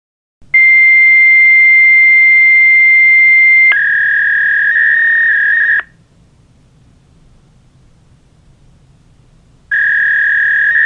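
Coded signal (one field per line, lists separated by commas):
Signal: fax machine handshake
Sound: three-second steady high tone, then a buzzy warbling tone, silence, warble resumes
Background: faint hiss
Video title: Fax machine sound effect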